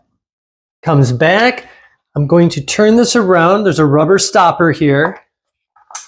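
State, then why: Not seated. Someone talks while handling a folding scooter, turning it around to bring its folded aluminum handlebar stem down toward the rubber stopper on the deck latch holder. After the talking stops, there are a couple of faint handling sounds at the very end. The stem has not yet locked into the holder, and nothing has seated or clicked.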